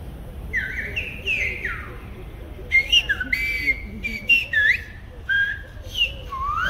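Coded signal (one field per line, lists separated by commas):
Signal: whistled language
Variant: Silbo Gomero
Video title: Silbo Gomero demonstration - 1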